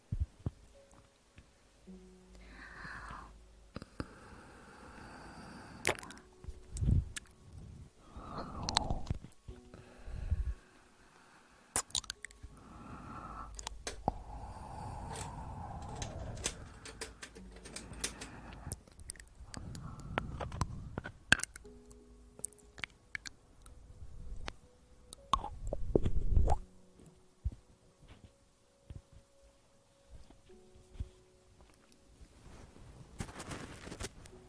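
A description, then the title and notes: Ear eating: wet mouth clicks, smacks and soft chewing sounds come in irregular bursts, with sharp crackles and quieter gaps between them. Relaxing Ear Eating.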